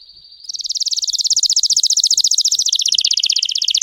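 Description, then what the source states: Canary song: a thin note leading into a loud, very rapid rolling trill that holds steady for several seconds. Song of a red frosted Belgian canary.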